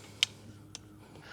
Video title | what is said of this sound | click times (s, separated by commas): Can You Climb Hills on this ESKUTE T300 Electric Trike ? | Make sure to lock your latching mechanism. | 0.2 s